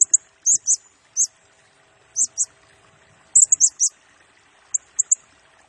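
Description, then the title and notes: Blue-crowned hanging parrot calls: scattered piercing high squeaks, some paired, separated by quiet pauses of about a second. Serindit in 'gacor' (constantly singing) and 'nembak' rapid-fire style; recording used as a 'pemikat' lure and 'nasteran' tutor for training birds, said to agitate all birds. "Burung Serindit Nembak Gacor Bikin Emosi Semua Burung. Suara Nasteran Dan Pemikat Burung Serinditan Gacor"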